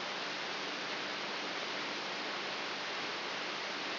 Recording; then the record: brain microelectrode recording played as sound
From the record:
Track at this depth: inside the subthalamic nucleus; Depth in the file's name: 3.44 mm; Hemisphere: right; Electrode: 3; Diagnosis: Parkinson's disease